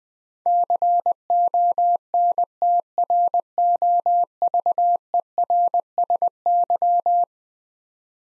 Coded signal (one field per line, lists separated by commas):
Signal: Morse code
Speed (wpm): 20 wpm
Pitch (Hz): 700 Hz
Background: none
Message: CONTROVERSY